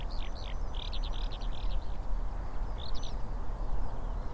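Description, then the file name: Eurasian oystercatcher calls, short bursts of loud, shrill, clipped notes given in quick groups, a pause, then another brief burst, over a low, steady rumble. Oystercatchers at Rye Harbour river mouth, recorded 9 May 2022. "220509 Rye Harbour river mouth Oystercatchers"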